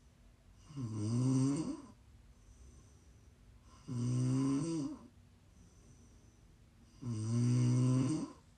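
ASMR snoring from an adult sleeper: three loud, low-pitched, rumbling snores about three seconds apart, each lasting about a second, with quiet breathing in between.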